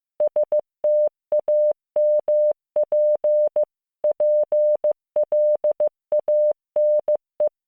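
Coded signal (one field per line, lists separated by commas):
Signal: Morse code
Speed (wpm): 15 wpm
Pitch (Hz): 600 Hz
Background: none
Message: STAMP PLANE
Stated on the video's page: Morse code listening practice of English words learned in first year of junior high school, generated with LearningMorse CW training software.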